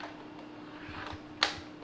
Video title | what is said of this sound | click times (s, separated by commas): Vactidy V9 Cordless Vacuum Cleaner, Powerful Suction Brushless Motor, 6 in 1 Lightweight Stick Vac | push it in just clicks into place | 1.4 s